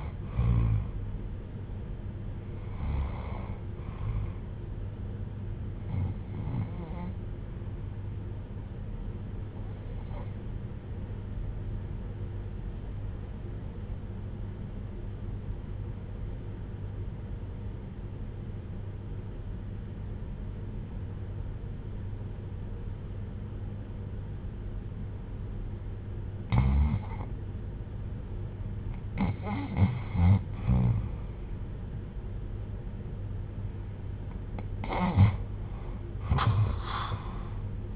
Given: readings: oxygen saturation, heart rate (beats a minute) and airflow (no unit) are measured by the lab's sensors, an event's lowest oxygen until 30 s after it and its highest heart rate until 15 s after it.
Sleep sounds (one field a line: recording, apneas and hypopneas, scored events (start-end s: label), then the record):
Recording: breathing in sleep by a smartphone at the bedside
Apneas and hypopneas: 1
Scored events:
10.00-30.70 s: hypopnea (N2, oxygen 95% highest, then 80% lowest, heart rate 72 at the start, 78 highest)
28.00-37.96 s: new sleep stage, REM sleep
From the record:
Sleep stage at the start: N2 (light sleep)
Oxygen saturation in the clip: 82 to 95%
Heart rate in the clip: 66 to 73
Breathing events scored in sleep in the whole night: 310 in 8.1 hours asleep